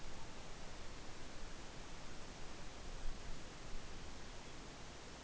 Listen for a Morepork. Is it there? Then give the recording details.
no. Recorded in New Zealand on 12 November 2013. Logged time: 02:19. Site Ponui